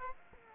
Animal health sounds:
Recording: mosquito wingbeat signal from an infrared sensor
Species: Aedes aegypti

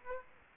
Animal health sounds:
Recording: mosquito wingbeat signal from an infrared sensor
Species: Aedes aegypti

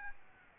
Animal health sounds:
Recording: mosquito wingbeat signal from an infrared sensor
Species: Aedes albopictus

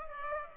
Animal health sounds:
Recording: mosquito wingbeat signal from an infrared sensor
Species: Culex pipiens

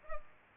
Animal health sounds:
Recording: mosquito wingbeat signal from an infrared sensor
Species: Culex pipiens

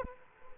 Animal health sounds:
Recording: mosquito wingbeat signal from an infrared sensor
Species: Aedes aegypti

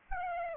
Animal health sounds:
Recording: mosquito wingbeat signal from an infrared sensor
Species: Aedes albopictus

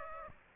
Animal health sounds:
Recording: mosquito wingbeat signal from an infrared sensor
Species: Aedes aegypti

